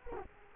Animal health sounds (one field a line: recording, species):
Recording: mosquito wingbeat signal from an infrared sensor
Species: Culex quinquefasciatus